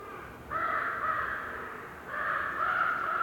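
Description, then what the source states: Raven croaks, two long hoarse calls about a second and a half apart. Raven croaking in a winter forest during a windy, whistling blizzard with snow, North Laurentian Woods, Canada.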